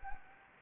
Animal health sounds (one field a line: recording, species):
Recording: mosquito wingbeat signal from an infrared sensor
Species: Anopheles arabiensis